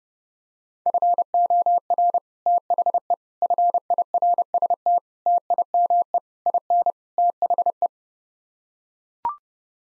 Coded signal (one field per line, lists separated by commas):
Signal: Morse code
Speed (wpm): 30 wpm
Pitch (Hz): 700 Hz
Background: none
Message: FOR THE FIRST TIME IN THE